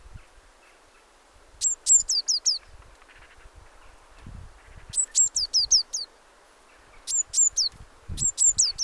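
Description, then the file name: Eurasian blue tit giving four short bursts of high, thin, down-slurred notes at uneven intervals, with faint low thumps in the background. "Cyanistes caeruleus"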